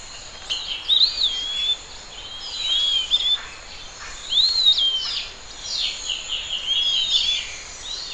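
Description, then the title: Bird song with bright whistled slurs and quick chirping notes in several short phrases, separated by brief pauses, with a constant high-pitched background hiss. "LuckyPassaro Completos2Sama"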